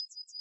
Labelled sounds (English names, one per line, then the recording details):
Yellowhammer song
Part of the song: start
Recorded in the Czech Republic on 7 July 2013
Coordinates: 49.855, 15.146
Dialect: BC
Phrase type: E50
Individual 315238